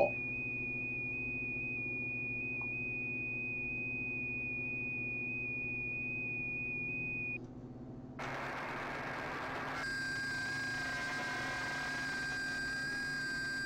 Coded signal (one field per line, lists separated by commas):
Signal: FT8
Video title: making FT8 QSOs with WSJT-x on 20M